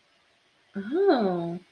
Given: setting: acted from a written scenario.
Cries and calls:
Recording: vocal sound without words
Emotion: interest

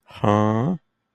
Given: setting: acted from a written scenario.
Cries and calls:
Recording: vocal sound without words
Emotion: confusion

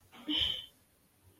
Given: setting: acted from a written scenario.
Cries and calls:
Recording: vocal sound without words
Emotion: fear

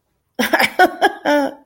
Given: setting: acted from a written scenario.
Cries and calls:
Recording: vocal sound without words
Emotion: amusement

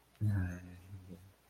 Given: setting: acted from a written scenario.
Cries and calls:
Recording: vocal sound without words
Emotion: romantic love

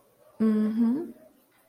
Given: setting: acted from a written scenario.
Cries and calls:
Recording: vocal sound without words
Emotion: pride

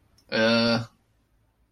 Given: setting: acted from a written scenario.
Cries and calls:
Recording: vocal sound without words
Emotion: embarrassment

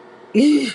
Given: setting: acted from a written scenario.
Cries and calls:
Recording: vocal sound without words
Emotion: embarrassment

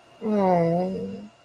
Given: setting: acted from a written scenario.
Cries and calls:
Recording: vocal sound without words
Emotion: disappointment

